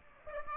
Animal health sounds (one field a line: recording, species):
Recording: mosquito wingbeat signal from an infrared sensor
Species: Aedes aegypti